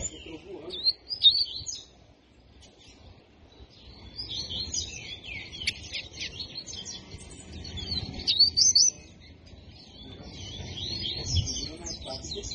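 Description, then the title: Double-collared seedeater giving scattered high twittering phrases, with a few louder bursts. Song in the tui tui style; the bird is described as fibra. "COLEIRO DE GOLA TUI TUI FIBRA"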